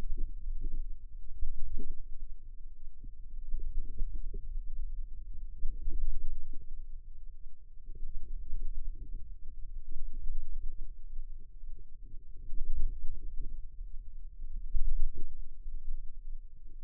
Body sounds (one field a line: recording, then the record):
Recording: forearm muscle sounds (acoustic myography)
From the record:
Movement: radial deviation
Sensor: system 2, bracelet of six BSWA MPA416 microphones around the upper forearm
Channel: 2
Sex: female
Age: 22 years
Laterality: right